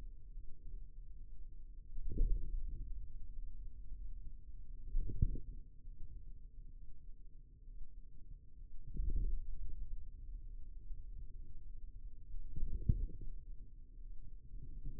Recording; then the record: forearm muscle sounds (acoustic myography)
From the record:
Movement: wrist extension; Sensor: system 2, bracelet of six BSWA MPA416 microphones around the upper forearm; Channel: 4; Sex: male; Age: 22 years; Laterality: right